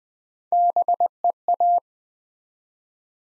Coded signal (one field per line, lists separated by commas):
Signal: Morse code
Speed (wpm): 20 wpm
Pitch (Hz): 700 Hz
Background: none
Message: BEA